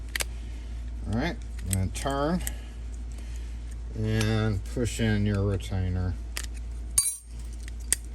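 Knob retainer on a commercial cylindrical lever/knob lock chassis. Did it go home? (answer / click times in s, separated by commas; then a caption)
yes / 7.9 s. Someone talks while a knob is turned onto a Schlage D Series commercial cylindrical lever/knob door lock chassis and its metal knob retainer is pushed in, with light metallic jangling and small clicks throughout. The retainer clicks into place at 7.9 s, followed by another sharp click at 8.2 s, and it is seated.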